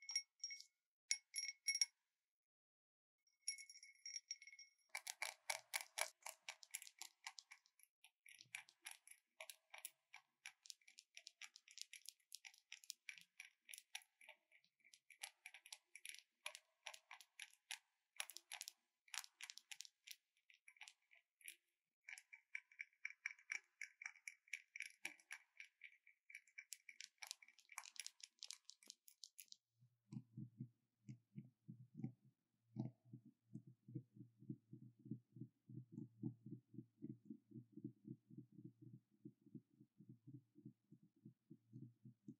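A glass wind bell cup is tapped in quick, dense clusters of bright, ringing clinks for about the first thirty seconds, with a few short pauses. After that the sound switches to a low, fast, steady rattling tick that runs evenly to the end.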